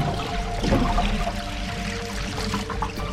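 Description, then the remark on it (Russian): Water glugs and bubbles steadily inside the upturned bottle of a water cooler in a corridor, a continuous churning gurgle with a low rumble beneath, moderately loud and without any voices. “Вода бурлит в перевернутой бутылке.”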